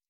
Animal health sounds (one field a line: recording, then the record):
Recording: hydrophone in a shrimp aquaculture tank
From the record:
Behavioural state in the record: stressed